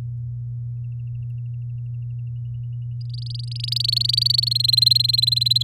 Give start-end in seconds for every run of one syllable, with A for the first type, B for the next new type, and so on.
3.01-4.49 A, 4.51-5.63 B